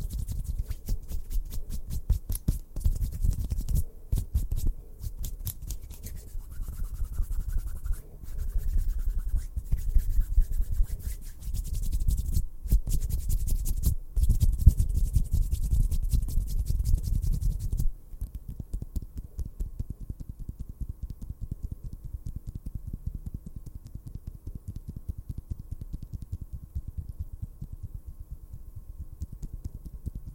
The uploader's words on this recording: TAPPING, RUBBING, SCISSOR, LIQUID. FAST AND AGGRESSIVE TRIGGERS.